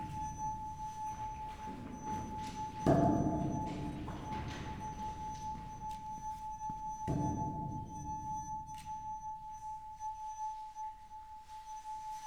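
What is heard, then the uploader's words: A steady ringing tone hangs in a highly resonant underground room, with rumbling knocks near three and seven seconds and faint clinks between. This recording was taken undergound, in a highly resonant room called the ballroom, in the abandoned mine of Nenthead/UK.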